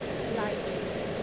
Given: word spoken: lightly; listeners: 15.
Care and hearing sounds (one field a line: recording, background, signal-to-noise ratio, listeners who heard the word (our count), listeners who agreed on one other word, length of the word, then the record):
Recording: one English word in noise, from a listening test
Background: speech-shaped noise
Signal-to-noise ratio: -5.1 dB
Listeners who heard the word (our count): 3 of 15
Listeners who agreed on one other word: 7 of 15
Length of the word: 0.84 s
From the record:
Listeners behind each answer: 7, 3, 2, 1, 1, 1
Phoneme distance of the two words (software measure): 27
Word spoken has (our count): 2 syllables, 5 phonemes, stress on syllable 1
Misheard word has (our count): 2 syllables, 6 phonemes, stress on syllable 1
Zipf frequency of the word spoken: 3.80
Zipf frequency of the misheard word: 4.00